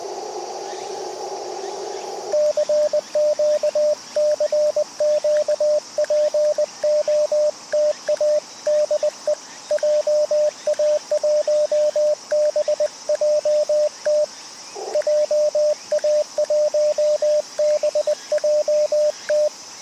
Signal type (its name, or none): Morse code